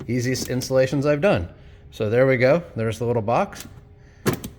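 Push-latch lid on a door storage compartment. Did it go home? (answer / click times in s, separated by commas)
released / 4.4 s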